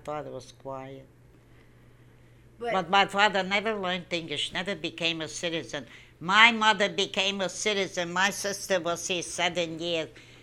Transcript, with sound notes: My father was quiet. But my father never learnt English. Never became a citizen. My mother (said emphatically) became a citizen. My sister was here seven years.